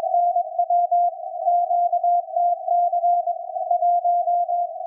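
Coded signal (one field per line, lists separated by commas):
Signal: Morse code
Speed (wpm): 22 wpm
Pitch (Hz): 700 Hz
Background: none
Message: NW QTC 1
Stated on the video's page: Israel navy CW message and ID on 4331 kHz, received with an SDRplay RSPdx and MLA 30 loop antenna.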